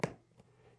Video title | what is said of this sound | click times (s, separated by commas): Sidi Crossair X Motocross Boots | So to adjust it, you would pop these out. You can actually hear it. | 0.0 s